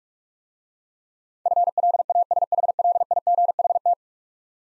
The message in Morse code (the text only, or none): FLASHLIGHT